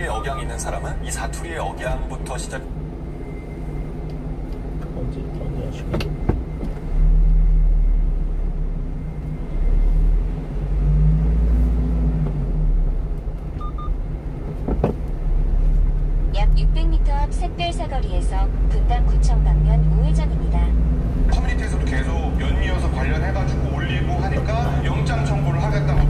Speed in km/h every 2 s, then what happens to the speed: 0, 0, 0, 6, 16, 22, 22, 23, 27, 33, 38, 41, 45.
0-4 standing. 4-9 pulls away to 22. 9-14 steady at about 22. 14-26 speeds up to 45.